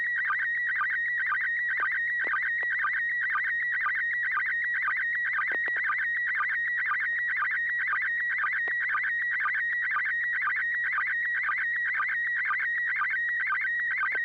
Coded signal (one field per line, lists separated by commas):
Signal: SSTV (slow-scan television)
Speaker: I'm watching how slow the radio is to switch to digital mode. That's interesting. All right, here we go.